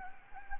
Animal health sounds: mosquito wingbeat signal from an infrared sensor; Anopheles gambiae

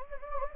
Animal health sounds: mosquito wingbeat signal from an infrared sensor; Anopheles gambiae

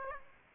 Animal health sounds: mosquito wingbeat signal from an infrared sensor; Aedes aegypti

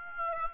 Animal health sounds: mosquito wingbeat signal from an infrared sensor; Aedes aegypti

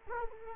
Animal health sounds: mosquito wingbeat signal from an infrared sensor; Culex quinquefasciatus

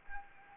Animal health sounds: mosquito wingbeat signal from an infrared sensor; Anopheles gambiae

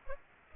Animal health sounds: mosquito wingbeat signal from an infrared sensor; Aedes aegypti

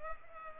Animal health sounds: mosquito wingbeat signal from an infrared sensor; Culex pipiens

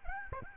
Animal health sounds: mosquito wingbeat signal from an infrared sensor; Aedes albopictus

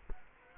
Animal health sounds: mosquito wingbeat signal from an infrared sensor; Culex quinquefasciatus

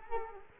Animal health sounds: mosquito wingbeat signal from an infrared sensor; Culex quinquefasciatus

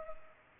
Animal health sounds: mosquito wingbeat signal from an infrared sensor; Culex pipiens

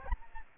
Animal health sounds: mosquito wingbeat signal from an infrared sensor; Aedes albopictus

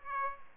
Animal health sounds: mosquito wingbeat signal from an infrared sensor; Aedes aegypti

